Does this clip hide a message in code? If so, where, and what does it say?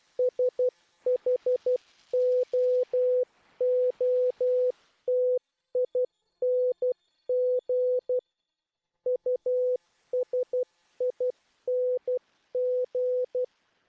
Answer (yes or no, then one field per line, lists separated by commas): yes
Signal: Morse code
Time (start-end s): 0.2-13.4 s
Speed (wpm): 12 wpm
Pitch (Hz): 500 Hz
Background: none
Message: SHOOTING USING